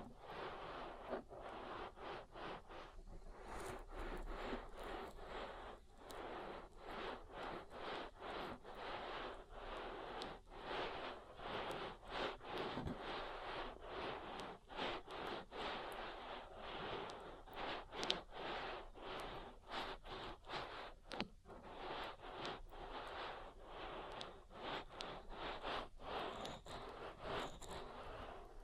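An oil ear massage: steady, dense rubbing and swishing that runs the full length without pause. Quick strokes and soft wet clicks come every half second or so, fairly regular, with a faint low rumble underneath and slightly louder strokes in places.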